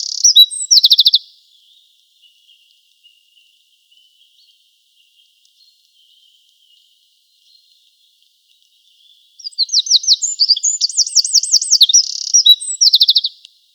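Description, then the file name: Eurasian wren song, a high, rapid, tumbling run of trills and twittering notes. A brief burst opens, then a long pause, then a four-second outpouring. "Troglodytes troglodytes"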